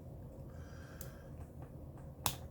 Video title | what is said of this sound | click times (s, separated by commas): How to install MC4 solar connectors without soldering or using an expensive MC4 connector crimper | that was an easier but it went I don't know if you heard that | 2.3 s